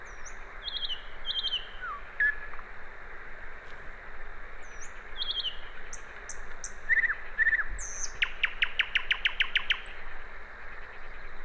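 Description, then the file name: Common nightingale song mixing thin whistles and down-slurred notes, then a loud rapid series of sharp repeated clicks, all over a steady hiss. "Luscinia megarhynchos"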